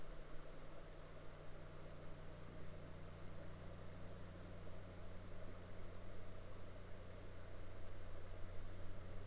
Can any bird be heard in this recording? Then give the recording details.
no. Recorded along the Dempster Highway, Canada, on 21 April 2019 at 02:06. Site 13